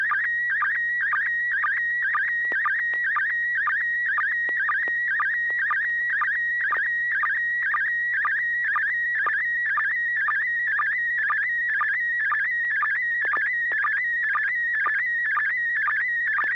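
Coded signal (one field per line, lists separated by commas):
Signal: SSTV (slow-scan television)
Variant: PD mode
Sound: continuous warbling tone jittering around 2 kHz with rapid regular low chirps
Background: low hum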